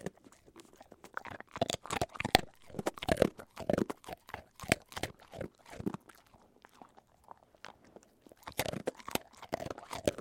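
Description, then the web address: Dog eating, rapid crunchy bites in clusters, a quieter pause near two-thirds through, then a fresh burst of loud crunching. Dog eating a Milk-Bone biscuit. "DOGZ breed dog-eating-milk-bone"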